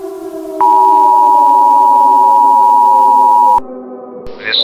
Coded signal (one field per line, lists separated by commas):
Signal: Emergency Alert System (SAME) tones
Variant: 853 and 960 Hz attention tone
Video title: EAS Scenario: IT'S HERE ACT 1 - THE SKY IS CALLING [FULL]